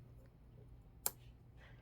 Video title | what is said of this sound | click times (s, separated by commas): Kimberbell's August Mini Quilt: Beach Bag Part A and B, Filler Blocks 1 and 2 | So, and then it seats into place. | 1.1 s